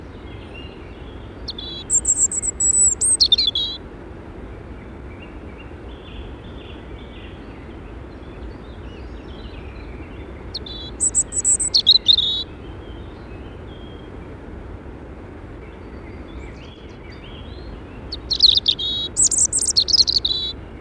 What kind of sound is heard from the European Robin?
song